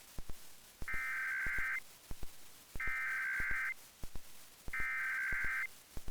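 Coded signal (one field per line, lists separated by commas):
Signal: Emergency Alert System (SAME) tones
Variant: header bursts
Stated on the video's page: National EAS test as aired by a broadcast station, with its EAS audio somewhat low compared to main audio.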